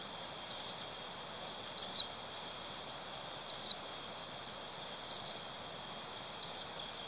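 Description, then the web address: Black phoebe repeating a sharp, high, downslurred chip about every one and a half seconds, five notes in all, over faint background hiss. Recorded in Ecuador. "Natures Songs S America Birds of Ecuador Black Phoebe"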